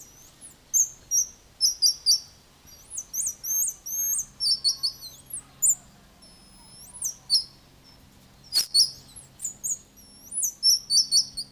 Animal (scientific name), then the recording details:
Saguinus nigricollis. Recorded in captivity. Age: adult. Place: Zoo Berlin, Berlin, DE. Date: 2002-09-04 13:26. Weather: heiter, 24 - 26°C. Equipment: Nagra SN, Kopie Uher 4000 Report Monitor. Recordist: Tembrock, Günter. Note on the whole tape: Zwei Tiere: diverse Laute, auf ihnen bekannte Personen bezogen (am Gitter, Entfernung ca. 5 m, Oberkäfig)